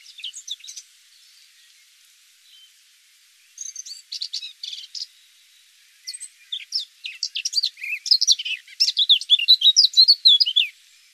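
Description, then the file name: Eurasian blackcap singing in separate bursts of quick, varied warbling notes, high and scratchy, with the final phrase growing louder and richer. "Sylvia atricapilla"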